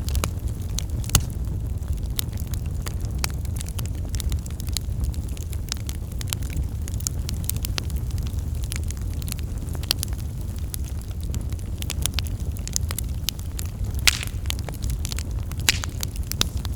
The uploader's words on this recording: Calming Crackling Campfire.